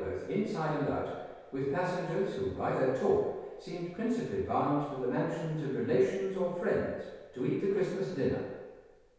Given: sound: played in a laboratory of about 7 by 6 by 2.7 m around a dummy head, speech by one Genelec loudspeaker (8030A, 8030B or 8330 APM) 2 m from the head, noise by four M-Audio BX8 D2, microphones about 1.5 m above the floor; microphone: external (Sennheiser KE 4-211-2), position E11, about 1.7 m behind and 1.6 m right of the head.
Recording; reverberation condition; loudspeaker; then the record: male speech in English; high; 150 degrees to the left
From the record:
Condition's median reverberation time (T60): about 1300 ms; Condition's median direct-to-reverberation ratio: about -4.0 dB